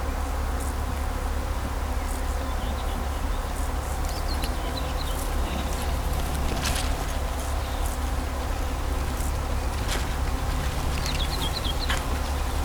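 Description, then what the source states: Bees humming low under continuous road noise, with scattered high chirps and a couple of short descending bird phrases. Bees buzzing in vineyards at Kallstadt, Germany, rural setting, with birds singing and road traffic noise in the background.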